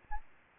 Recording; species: mosquito wingbeat signal from an infrared sensor; Aedes albopictus